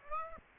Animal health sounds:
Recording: mosquito wingbeat signal from an infrared sensor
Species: Aedes aegypti

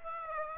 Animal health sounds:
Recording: mosquito wingbeat signal from an infrared sensor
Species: Aedes aegypti

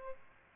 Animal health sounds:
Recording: mosquito wingbeat signal from an infrared sensor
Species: Aedes albopictus

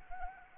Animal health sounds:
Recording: mosquito wingbeat signal from an infrared sensor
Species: Anopheles arabiensis

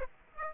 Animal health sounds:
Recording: mosquito wingbeat signal from an infrared sensor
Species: Aedes aegypti

